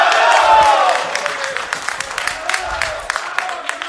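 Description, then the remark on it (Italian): A crowd bursts into loud applause, everyone clapping except the captain, mixed with a few raised voices, the clapping dense at first and then thinning out into scattered individual claps. “Applaudono tutti, tranne il capitano.”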